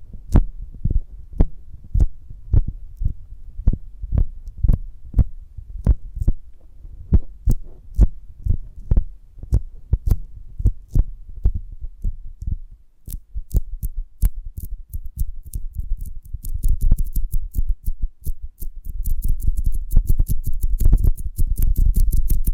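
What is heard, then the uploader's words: Honeycomb on a branch gives sharp crackling taps, steady at first, then speeding into a dense, bright stream of clicks over a low rumble. ASMR of a Honeycomb on Branch (No Talking).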